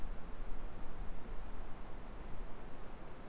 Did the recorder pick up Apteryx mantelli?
no